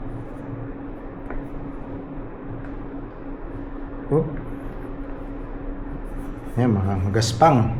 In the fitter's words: dito na-lock 'no? Papasok niyo lang ganyan.